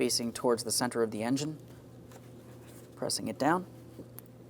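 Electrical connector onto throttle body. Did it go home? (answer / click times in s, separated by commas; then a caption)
yes / 4.2 s. A plastic throttle body electrical connector on a 2007-2014 Ford Edge 3.5L, with its red locking tab facing the center of the engine, is pressed down onto the throttle body while someone talks. A sharp click at 4.2 s marks the connector seating, after which it is locked with the red tab.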